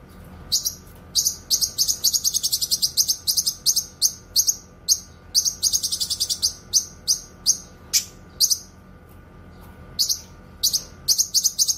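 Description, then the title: Streaked spiderhunter singing rapid, high, piercing chips, running into fast trilled bursts near the middle, with brief gaps between phrases and a low background hum. Bird singing actively, clear and long; used for tutoring other birds. "Pijantung Gunung Gacor Jernih Panjang"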